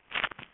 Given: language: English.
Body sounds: throat vibration sensor signal played as sound; swallow

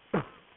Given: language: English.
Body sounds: throat vibration sensor signal played as sound; cough

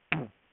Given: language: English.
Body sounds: throat vibration sensor signal played as sound; throat clearing

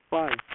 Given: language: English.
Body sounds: throat vibration sensor signal played as sound; speech

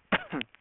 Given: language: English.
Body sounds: throat vibration sensor signal played as sound; cough

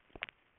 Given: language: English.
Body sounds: throat vibration sensor signal played as sound; swallow

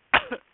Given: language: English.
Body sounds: throat vibration sensor signal played as sound; cough

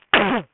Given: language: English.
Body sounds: throat vibration sensor signal played as sound; cough

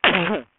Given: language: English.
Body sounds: throat vibration sensor signal played as sound; cough

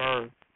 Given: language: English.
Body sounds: throat vibration sensor signal played as sound; speech

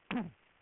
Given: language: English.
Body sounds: throat vibration sensor signal played as sound; throat clearing

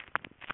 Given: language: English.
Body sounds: throat vibration sensor signal played as sound; swallow

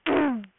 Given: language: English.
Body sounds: throat vibration sensor signal played as sound; throat clearing

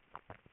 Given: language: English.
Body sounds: throat vibration sensor signal played as sound; swallow

